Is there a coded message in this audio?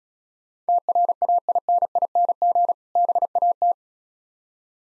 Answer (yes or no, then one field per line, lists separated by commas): yes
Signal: Morse code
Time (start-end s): 0.7-3.7 s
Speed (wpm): 36 wpm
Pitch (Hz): 700 Hz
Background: none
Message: TRAINING BAT